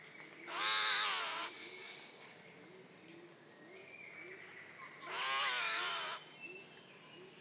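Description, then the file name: Spotted Catbird giving two harsh, nasal, cat-like wailing calls with a pause between. Faint softer bird notes and a sharp click fill the gaps. "Spotted Catbird Ailuroedus maculosus"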